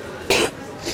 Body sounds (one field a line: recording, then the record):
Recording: coughing mixed with background sound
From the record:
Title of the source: 61 morning phlegmy cough...again